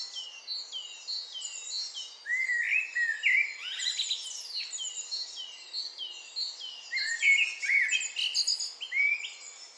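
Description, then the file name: Eurasian blackbird delivering several warbled, fluty phrases amid a busy backdrop of high-pitched birdsong. "Turdus merula"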